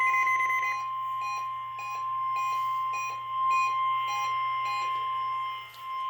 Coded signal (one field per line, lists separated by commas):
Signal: Emergency Alert System (SAME) tones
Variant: 1050 Hz attention tone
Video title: Last RWT of the year (EAS #519) 12/28/2022